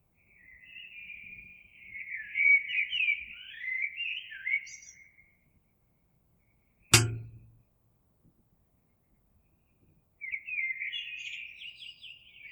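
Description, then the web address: Eurasian blackbird song: a warbling fluted phrase with a high twittered finish, a sharp knock, a quiet gap, then another phrase begins. Recorded 26 April 2022. "oiseaux Merle 2022 04 26"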